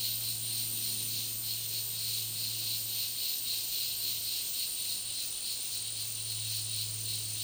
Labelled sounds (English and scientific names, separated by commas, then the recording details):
none
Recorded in dense forest near Puerto Asís, Putumayo, Colombia, on 20 February 2024 at 14:00
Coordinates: 0.499, -76.324
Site G6469